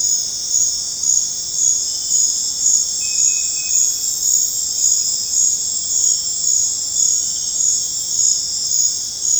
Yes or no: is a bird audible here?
no